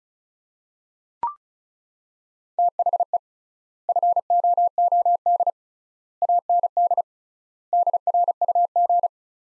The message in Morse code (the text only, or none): THE FOOD AND DRUG